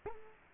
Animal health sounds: mosquito wingbeat signal from an infrared sensor; Culex quinquefasciatus

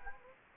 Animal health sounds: mosquito wingbeat signal from an infrared sensor; Anopheles gambiae

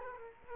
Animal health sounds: mosquito wingbeat signal from an infrared sensor; Culex quinquefasciatus

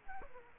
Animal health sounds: mosquito wingbeat signal from an infrared sensor; Aedes aegypti

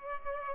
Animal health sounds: mosquito wingbeat signal from an infrared sensor; Culex pipiens

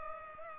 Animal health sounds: mosquito wingbeat signal from an infrared sensor; Culex pipiens

